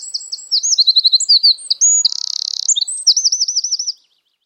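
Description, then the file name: Eurasian wren song: rapid, piercing high notes run into a dry buzzing rattle, then a bouncing, looped trill that stops abruptly. "Troglodytes troglodytes"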